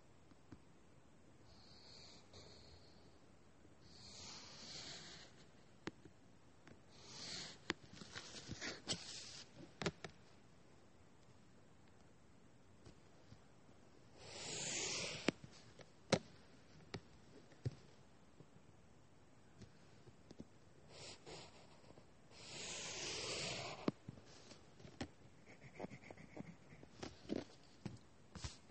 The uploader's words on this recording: Doing homework drawing and writing sounds. Lots of writing sounds.